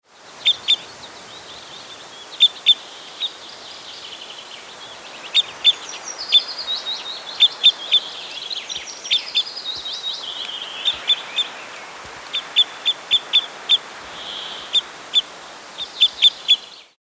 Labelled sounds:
Parrot Crossbill
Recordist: Frommolt, Karl-Heinz
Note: Rufe bei Nahrungssuche

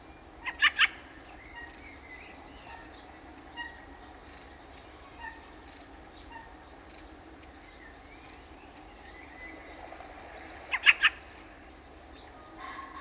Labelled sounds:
Fieldfare call
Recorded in the wild
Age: adult
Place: Anhauser Weiher, Baden-Württemberg, DE
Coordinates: 48.8458, 10.6578
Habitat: pond
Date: 1971-05-04
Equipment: Uher Report 4200, Scotch-Classic 19cm, AKG D190C in Doppelparabolreflektoren
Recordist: Krey, Winfried

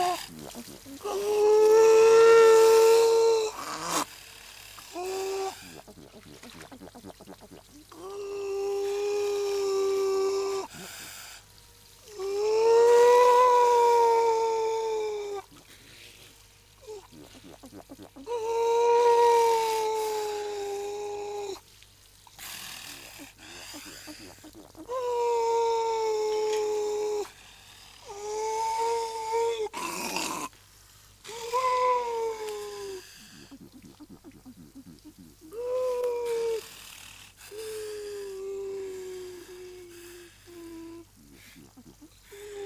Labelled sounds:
Grey Seal
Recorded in captivity
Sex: diverse
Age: adult
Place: Zoo Rostock, Mecklenburg-Vorpommern, DE
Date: 1984-02-04 17:35
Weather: overcast, 3-6°C
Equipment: Nagra SN, Kopie Uher 4000 Report Monitor
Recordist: Tembrock, Günter

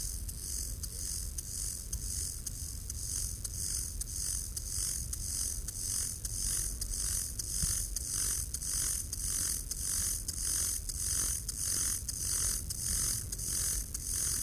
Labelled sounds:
Lesser Field Grasshopper stridulation
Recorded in the wild
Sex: male
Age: imago
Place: Köppchensee, Berlin, DE
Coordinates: 52.6167, 13.3667
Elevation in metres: 40
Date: 1998-08-17 18:30
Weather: heiter, 20°C
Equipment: Marantz CP 430, Sennheiser ME 80, Kopie Uher 4000 Report Monitor
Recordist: Tembrock, Günter

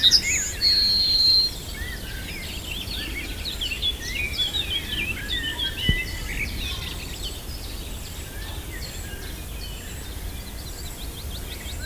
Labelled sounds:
Yellowhammer song
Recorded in the wild
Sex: male
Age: adult
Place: Lübars (Fließtal), Berlin, DE
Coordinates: 52.6167, 13.35
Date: 2000-05-01 13:24
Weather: bedeckt, windstill, ca. 24°C
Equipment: Nagra SN, Kopie Uher 4000 Report Monitor
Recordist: Tembrock, Günter

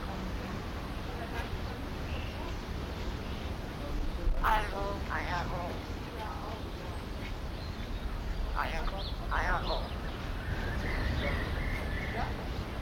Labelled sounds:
Hamerkop call
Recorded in captivity
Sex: pair
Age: adult
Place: Zoo Berlin, Berlin, DE
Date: 1992-11-07 11:21
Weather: bedeckt, 14°C
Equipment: Marantz CP 430, Sennheiser ME 80, Kopie Tesla B 116
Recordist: Tembrock, Günter

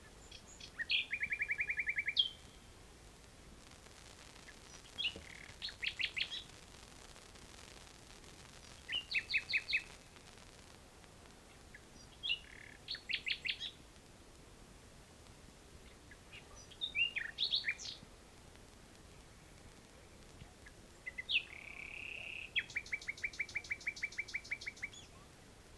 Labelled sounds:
Common Nightingale song
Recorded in the wild
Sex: male
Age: adult
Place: Bielefeld-Jöllenbeck, Nordrhein-Westfalen, DE
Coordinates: 52.1, 8.51667
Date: 1968
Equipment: Uher 4000 Report-S, Bändchenmikro Beyer M 260, Parabolspiegel Polyester (470 mm)
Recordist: Conrads, Klaus
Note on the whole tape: Männchen: Gesang. Keine genaue Datumsangabe: Mai 1968. Technische Störung (Knistern)

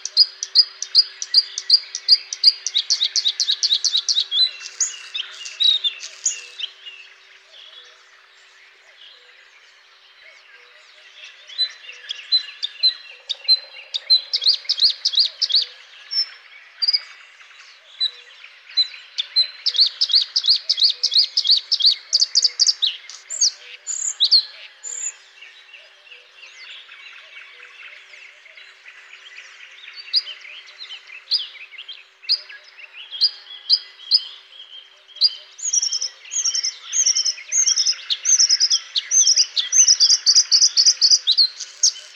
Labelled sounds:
Bluethroat song
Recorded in the wild
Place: Pripyatskiy NP, BY
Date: 2005-05-26
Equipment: Minidisc Sony MZ-R35, Telinga DAT, Telinga-Parabolspiegel
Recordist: Schwarz, Dieter

